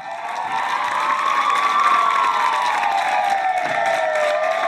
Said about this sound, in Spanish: Y como cada día a las 8 de la tarde, muchas personas han salido a sus ventanas para agradecer con aplausos el trabajo de los profesionales en la sanidad.